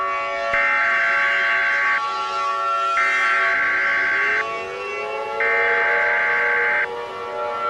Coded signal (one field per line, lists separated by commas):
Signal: Emergency Alert System (SAME) tones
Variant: header bursts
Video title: Little Einsteins.exe 2: The Final exe War (an EAS Scenario)